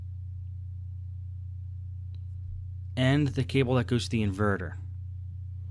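During screen reassembly of a Dell Inspiron 1521 laptop, the inverter cable connector is handled on its way into the socket on the LCD inverter board. A steady low hum runs throughout, with a faint brief tick near 2.2 seconds, and someone talks from about 3.0 to 4.7 seconds. The connector has not seated or clicked in yet.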